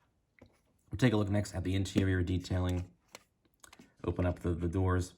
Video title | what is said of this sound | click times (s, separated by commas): Bburago 1994 Dodge Viper RT-10 Review (Scale 1/18) | and then you just close the hood and then it kind of clicks into place like that | 0.4 s